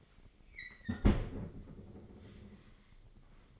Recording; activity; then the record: daily activity, microphone in the room; close fridge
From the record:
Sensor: 4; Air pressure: 996.0 hPa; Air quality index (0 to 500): 67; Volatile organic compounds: 2 ppm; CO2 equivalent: 1212 ppm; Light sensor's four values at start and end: 14/38/14/16 and 15/41/15/17